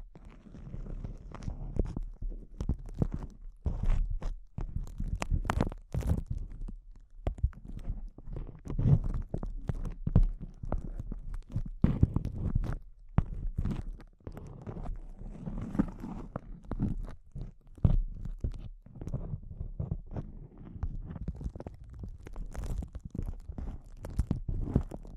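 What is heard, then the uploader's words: Intense crinkling sounds recorded very close up, a dense run of sharp crackles and snaps that never settles. Bursts cluster and thin out irregularly across the whole span, with a heavy low thumping and rustling underneath and bright sparkling edges on the loudest crunches. ASMR Intense Close-Up Crinkles (No Talking).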